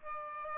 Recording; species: mosquito wingbeat signal from an infrared sensor; Aedes aegypti